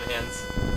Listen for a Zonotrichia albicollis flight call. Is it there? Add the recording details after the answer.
no. No flight call is heard. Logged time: 02:34 on 4 September 2014